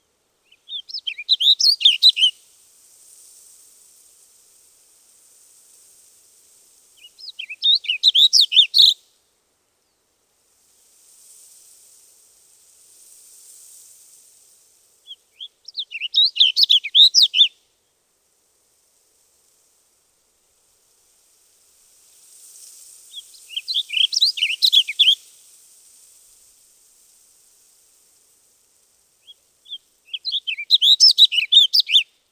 Warbling Vireo song recorded on the Bridal Veil Falls Trail in Rocky Mountain National Park.